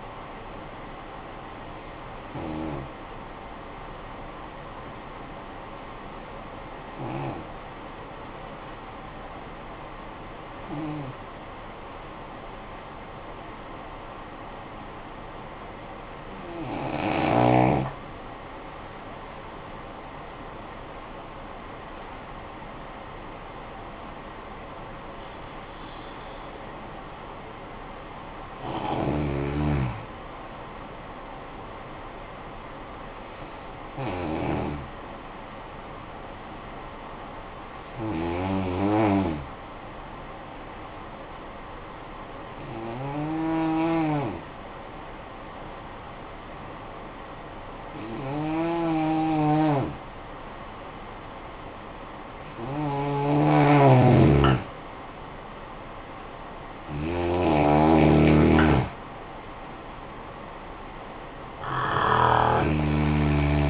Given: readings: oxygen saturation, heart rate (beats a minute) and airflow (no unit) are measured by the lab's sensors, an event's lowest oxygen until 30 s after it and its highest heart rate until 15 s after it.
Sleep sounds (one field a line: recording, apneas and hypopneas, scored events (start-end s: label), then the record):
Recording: breathing in sleep by a voice recorder at the bedside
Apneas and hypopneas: 2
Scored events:
4.00-18.90 s: hypopnea (N1, oxygen 95% highest, then 86% lowest, heart rate 50 at the start, 73 highest)
36.00-50.90 s: hypopnea (N1, oxygen 95% highest, then 88% lowest, heart rate 49 at the start, 64 highest)
From the record:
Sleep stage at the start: N1 (lightest sleep)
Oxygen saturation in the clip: 86 to 96%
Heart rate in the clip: 49 to 73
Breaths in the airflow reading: 13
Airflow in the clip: -12.4 to 12.1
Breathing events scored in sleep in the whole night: 445 in 7.6 hours asleep